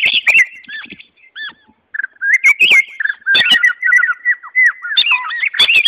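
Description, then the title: White-rumped Shama song, scattered whistled notes and sharp clicks building into a quicker run of sweet varied phrases. "murai batu"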